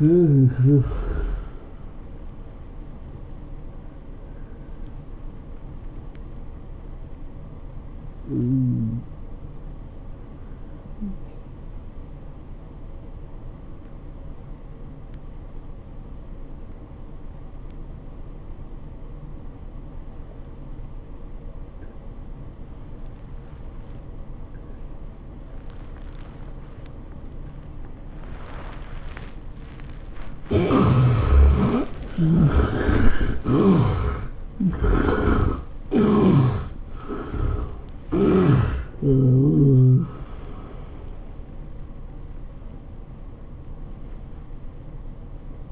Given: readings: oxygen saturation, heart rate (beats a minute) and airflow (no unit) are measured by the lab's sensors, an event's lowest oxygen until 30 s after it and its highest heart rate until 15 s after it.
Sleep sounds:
breathing in sleep by a smartphone at the bedside; 1
3.00-30.20 s: obstructive apnea (N1, oxygen 94% highest, then 72% lowest, heart rate 102 at the start, 103 highest)
43.00-45.72 s: new sleep stage, N2 (light sleep)
From the record:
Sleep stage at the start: N1 (lightest sleep); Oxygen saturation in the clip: 70 to 94%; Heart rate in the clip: 74 to 103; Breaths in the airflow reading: 5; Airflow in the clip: -11.0 to 12.6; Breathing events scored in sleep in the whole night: 403 in 5.5 hours asleep

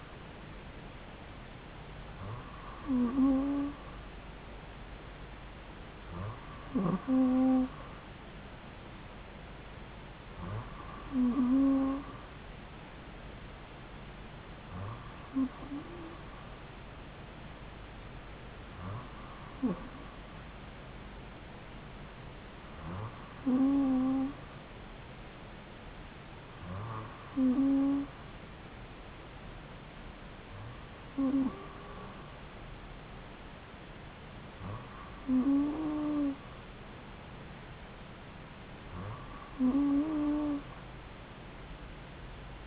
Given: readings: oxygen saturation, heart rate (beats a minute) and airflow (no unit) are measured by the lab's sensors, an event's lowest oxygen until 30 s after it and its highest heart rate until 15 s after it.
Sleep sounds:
breathing in sleep by a voice recorder at the bedside; none
none scored
From the record:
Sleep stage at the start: N2 (light sleep); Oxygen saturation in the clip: 94%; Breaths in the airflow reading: 10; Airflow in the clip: -2.5 to 2.0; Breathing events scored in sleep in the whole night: 270 in 6.1 hours asleep

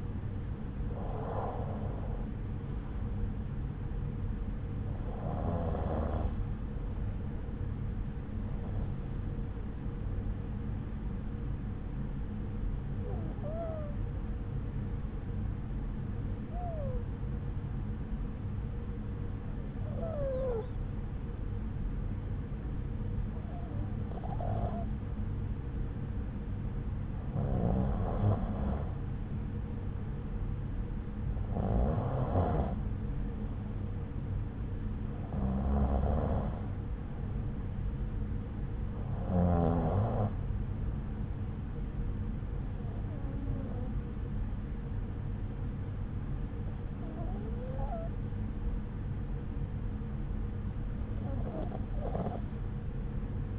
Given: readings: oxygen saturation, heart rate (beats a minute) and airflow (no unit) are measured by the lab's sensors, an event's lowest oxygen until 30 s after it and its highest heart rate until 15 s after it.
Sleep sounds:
breathing in sleep by a smartphone at the bedside; none
none scored
From the record:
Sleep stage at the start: N2 (light sleep); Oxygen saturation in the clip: 92 to 94%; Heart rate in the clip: 62 to 71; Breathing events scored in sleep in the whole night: 303 in 8.1 hours asleep

